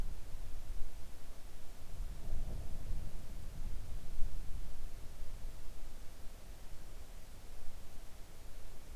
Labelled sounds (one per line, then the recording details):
near silence
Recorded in the Arctic National Wildlife Refuge, Alaska, on 3 August 2019 at 05:28
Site 41